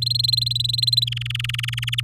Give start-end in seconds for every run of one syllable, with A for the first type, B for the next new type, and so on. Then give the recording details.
0.02-1.04 A, 1.07-2.01 B. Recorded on 8 May 2018 at 07:09. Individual llb16